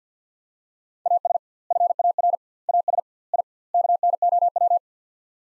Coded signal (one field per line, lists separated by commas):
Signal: Morse code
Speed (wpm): 50 wpm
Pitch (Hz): 700 Hz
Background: none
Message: AS FAR AS I KNOW